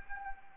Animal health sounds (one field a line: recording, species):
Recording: mosquito wingbeat signal from an infrared sensor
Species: Anopheles arabiensis